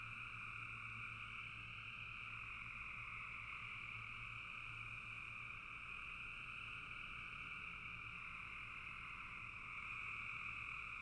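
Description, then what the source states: Frogs in a dense chorus, a steady trilling hum in two bands, one high and one lower, running unbroken throughout with a faint low rumble beneath. Frogs calling in a bog.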